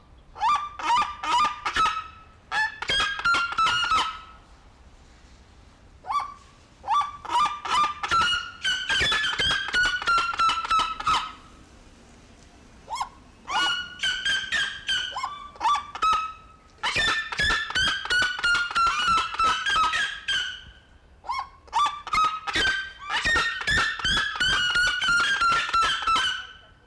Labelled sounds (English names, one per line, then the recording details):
Red-legged Seriema call
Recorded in captivity
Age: adult
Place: Zoo Berlin, Berlin, DE
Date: 1992-12-05 11:19
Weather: schwach sonnig, ca. 4°C
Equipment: Marantz CP 430, Sennheiser ME 80, Kopie Tesla B 116
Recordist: Tembrock, Günter